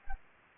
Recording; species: mosquito wingbeat signal from an infrared sensor; Anopheles gambiae